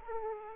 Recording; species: mosquito wingbeat signal from an infrared sensor; Aedes aegypti